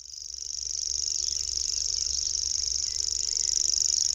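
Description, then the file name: Common grasshopper warbler song, a continuous high mechanical reel, very steady, gently rising in loudness over four seconds. "Swierszczak"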